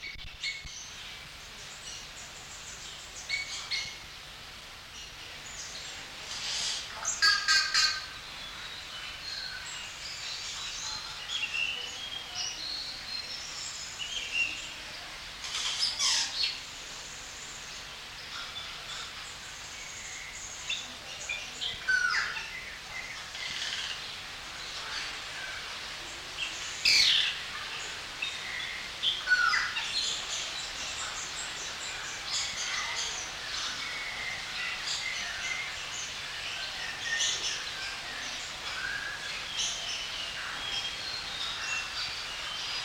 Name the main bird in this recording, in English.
Yellow-rumped Cacique